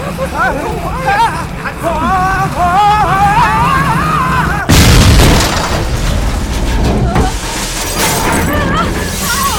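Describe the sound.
Agitated voices shout over a tense scene, then a heavy vehicle smashes through a prison wall into the torture wing in a sudden loud boom, followed by crumbling, shattering debris and rumbling noise.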